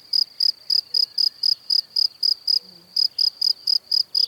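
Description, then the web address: Cricket song of high, clipped chirps repeated about four times a second, with one brief pause midway before the rhythm resumes. "Kurs PTTK Przyroda Ptaki Świerszcze"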